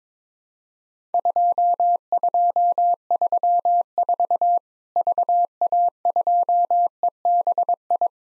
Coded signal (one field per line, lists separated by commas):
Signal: Morse code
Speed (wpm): 22 wpm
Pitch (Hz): 700 Hz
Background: none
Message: 2234 VA2EBI